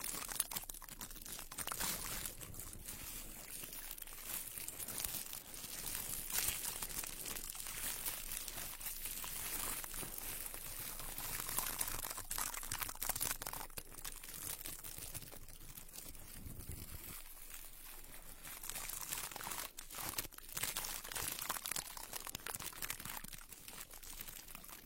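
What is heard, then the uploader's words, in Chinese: Ear picking, heard as a steady stream of dense, crackling scratches and crinkly rustles that runs for the whole clip. The texture is bright and busy, with rapid irregular clicks and a brief lull near seventeen seconds before the scraping resumes. 抠耳朵催眠。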